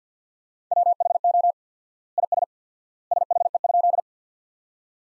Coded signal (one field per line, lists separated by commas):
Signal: Morse code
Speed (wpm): 50 wpm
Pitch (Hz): 700 Hz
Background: none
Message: WHO IS SHE?